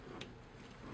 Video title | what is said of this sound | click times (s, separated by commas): MAKA Validator, changing belts-provided by Vending Works | till it clicks into its little spot all right | 0.2 s